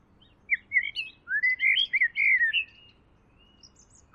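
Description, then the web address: Bird sings one warbled phrase of sliding notes over faint background noise. "Deverinetal. Bird Only"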